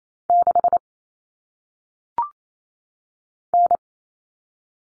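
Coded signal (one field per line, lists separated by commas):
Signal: Morse code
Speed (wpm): 28 wpm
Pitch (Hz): 700 Hz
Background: none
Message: 6 N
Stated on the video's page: Morse code practice drill of common cut numbers for single digits at 28 WPM.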